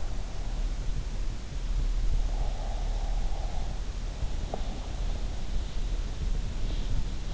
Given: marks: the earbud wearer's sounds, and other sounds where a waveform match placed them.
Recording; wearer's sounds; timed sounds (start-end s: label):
sounds in sleep by an in-ear microphone; breath
2.50-4.68 s: breath